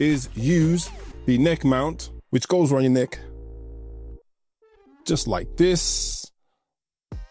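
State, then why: Seated. A pocket gimbal camera with its mount adapter is pushed onto a plastic neck-mount holder while someone talks over background music. A single sharp click at 7.1 s shows the camera seated in the neck mount.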